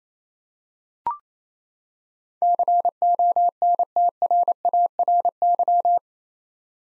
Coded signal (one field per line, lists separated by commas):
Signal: Morse code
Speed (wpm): 28 wpm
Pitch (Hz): 700 Hz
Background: none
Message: CONTRARY